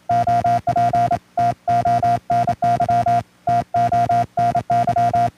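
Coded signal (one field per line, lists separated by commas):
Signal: Morse code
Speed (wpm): 27 wpm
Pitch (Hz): 700 Hz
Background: music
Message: OP TONY TONY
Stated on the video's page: CW contact with a Bosnian station.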